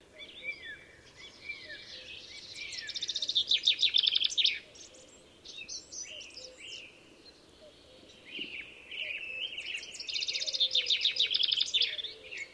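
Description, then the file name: Common chaffinch singing two phrases, each a rapid series of notes ending in a flourish, with quieter chirps between them. "Fringilla coelebs"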